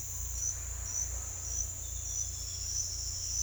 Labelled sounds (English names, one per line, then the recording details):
none
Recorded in secondary vegetation near Puerto Asís, Putumayo, Colombia, on 18 December 2024 at 08:00
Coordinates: 0.488, -76.319
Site GP04